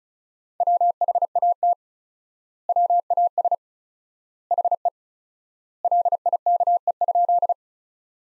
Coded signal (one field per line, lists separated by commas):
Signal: Morse code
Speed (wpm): 36 wpm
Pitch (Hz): 700 Hz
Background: none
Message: WHAT WAS HE LIKE?